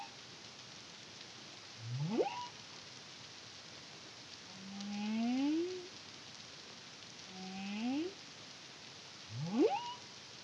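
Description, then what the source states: Humpback whale song: two quick upswept cries and two rising moans with stacked harmonics. Caribbean, CARIMAM project, 2023.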